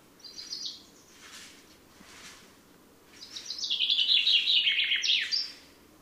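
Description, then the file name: Common chaffinch song: a short burst of high notes, a pause, then a full, rapid descending trill ending in a sharp flourish. "Fringilla coelebs"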